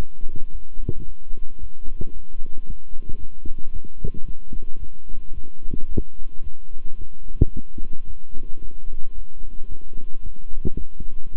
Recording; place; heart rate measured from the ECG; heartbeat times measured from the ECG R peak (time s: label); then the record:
heart sounds by stethoscope; between the tricuspid and mitral areas; 111 bpm
0.50 s: heartbeat
1.04 s: heartbeat
1.59 s: heartbeat
2.12 s: heartbeat
2.65 s: heartbeat
3.18 s: heartbeat
3.71 s: heartbeat
4.25 s: heartbeat
4.78 s: heartbeat
5.33 s: heartbeat
5.87 s: heartbeat
6.42 s: heartbeat
6.97 s: heartbeat
7.52 s: heartbeat
8.06 s: heartbeat
8.60 s: heartbeat
9.14 s: heartbeat
9.67 s: heartbeat
10.22 s: heartbeat
10.76 s: heartbeat
11.30 s: heartbeat
From the record:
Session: walking at 3.7 km/h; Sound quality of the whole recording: good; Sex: male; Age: 26 years